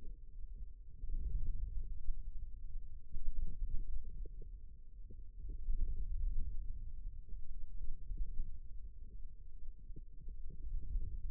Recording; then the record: forearm muscle sounds (acoustic myography)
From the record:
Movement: wrist flexion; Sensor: system 2, bracelet of six BSWA MPA416 microphones around the upper forearm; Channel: 3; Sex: male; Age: 22 years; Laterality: right